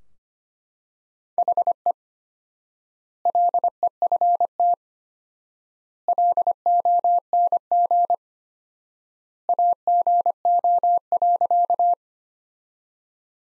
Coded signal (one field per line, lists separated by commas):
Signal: Morse code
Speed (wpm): 25 wpm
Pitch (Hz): 700 Hz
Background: none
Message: HE LEFT LONG AGO.